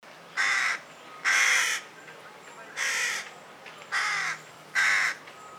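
Carrion crow calling five harsh, raspy caws, each about half a second long, spaced roughly a second apart, against quiet background hiss.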